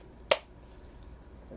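The second side of a plastic headstrap arm is pushed into the side mount of an Oculus Quest 2 VR headset. It snaps in with a single sharp, bright click at 0.3 s over a quiet background. The strap is seated.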